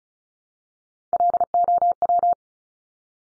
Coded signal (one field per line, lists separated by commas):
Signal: Morse code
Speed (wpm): 36 wpm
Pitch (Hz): 700 Hz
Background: none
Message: LOW